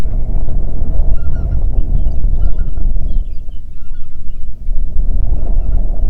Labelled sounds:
songbird, waterfowl, wind
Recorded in the Prudhoe Bay oil fields, Alaska, on 8 June 2019 at 05:14
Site 30

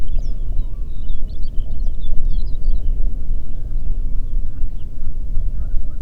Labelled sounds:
songbird
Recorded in the Prudhoe Bay oil fields, Alaska, on 8 June 2019 at 04:29
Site 30

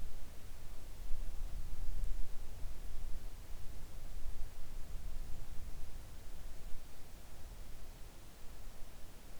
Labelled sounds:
near silence
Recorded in the Arctic National Wildlife Refuge, Alaska, on 3 August 2019 at 05:34
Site 41

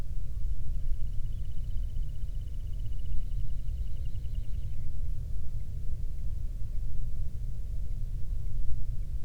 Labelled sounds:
songbird
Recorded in the Prudhoe Bay oil fields, Alaska, on 13 June 2019 at 00:02
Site 24

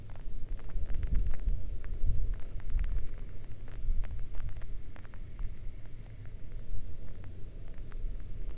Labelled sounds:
wind, rain
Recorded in the Arctic National Wildlife Refuge, Alaska, on 11 August 2019 at 22:30
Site 40

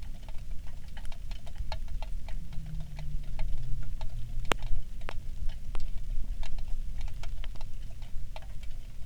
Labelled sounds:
songbird, rain
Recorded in the Prudhoe Bay oil fields, Alaska, on 27 July 2019 at 18:05
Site 19

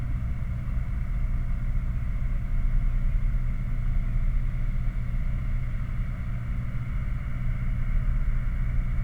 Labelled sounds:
machinery, flare stack
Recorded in the Prudhoe Bay oil fields, Alaska, on 11 August 2019 at 21:25
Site 29

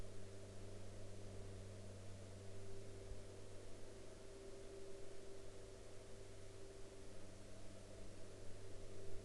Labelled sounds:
aircraft
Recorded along the Dempster Highway, Canada, on 18 August 2019 at 21:21
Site 12

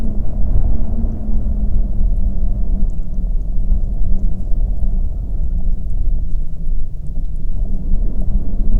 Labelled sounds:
waterfowl, wind
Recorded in the Prudhoe Bay oil fields, Alaska, on 12 May 2019 at 12:01
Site 21

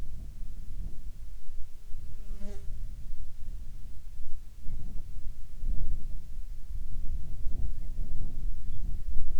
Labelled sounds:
bird, insects
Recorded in the Arctic National Wildlife Refuge, Alaska, on 18 July 2019 at 19:25
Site 48

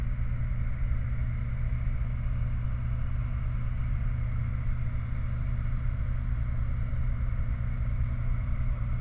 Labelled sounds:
machinery, flare stack
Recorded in the Prudhoe Bay oil fields, Alaska, on 29 July 2019 at 04:04
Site 29

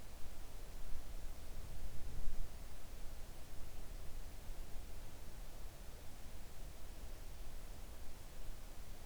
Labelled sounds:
near silence
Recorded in the Arctic National Wildlife Refuge, Alaska, on 3 August 2019 at 05:26
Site 41

